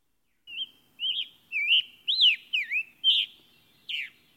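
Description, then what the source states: Scarlet Tanager song: a series of slurred phrases, each dipping or rising, delivered about twice a second. Bright scarlet male on a dead hemlock; a solitary bird that prefers high, remote woods.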